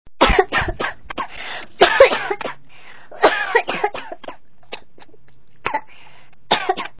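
A run of repeated, irregular coughs from an adult comes in several bouts over seven seconds, each bout holding two to four sharp bursts. The coughs sound harsh and forceful, with brief pauses between fits, as in a plain coughing spell.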